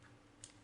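A click-type torque wrench set at 40 ft-lb re-checks a rearset nut on a Honda Grom being fitted with Driven rearsets. Over a low background hum, the wrench gives one sharp click at 0.4 s. The nut is confirmed torqued to 40 ft-lb.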